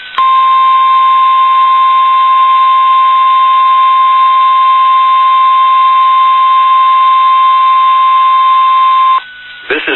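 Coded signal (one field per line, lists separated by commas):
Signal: Emergency Alert System (SAME) tones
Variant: 1050 Hz attention tone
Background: speech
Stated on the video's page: Required Weekly Tests received on NOAA Weather Radio.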